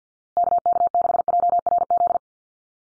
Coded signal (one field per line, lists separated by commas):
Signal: Morse code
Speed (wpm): 49 wpm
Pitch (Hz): 700 Hz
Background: none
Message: KK6JRZ